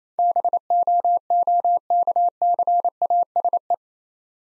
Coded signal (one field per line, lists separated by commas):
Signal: Morse code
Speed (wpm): 27 wpm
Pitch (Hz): 700 Hz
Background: none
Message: BOOKCASE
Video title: Easy Words - Speed-Racing with Hints - 22wpm